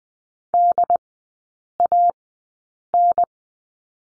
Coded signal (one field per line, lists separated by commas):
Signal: Morse code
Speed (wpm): 20 wpm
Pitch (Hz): 700 Hz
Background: none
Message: DAN